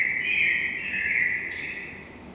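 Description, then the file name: Common blackbird giving a single smooth, flute-like warbled phrase that wavers slightly in pitch and fades toward the end. "Turdus merula"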